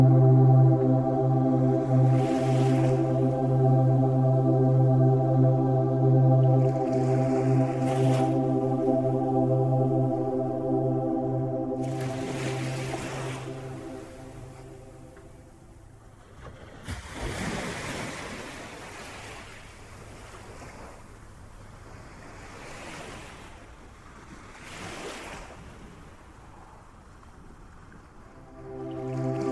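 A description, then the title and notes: Ocean waves wash in soft bursts every few seconds, with a broader surge around seventeen seconds. A steady low hum of sustained music tones fills the first half, then thins and fades, leaving mostly the hiss of surf and wind before swelling slightly again near the end. Ocean Waves Sounds With Relaxing Music.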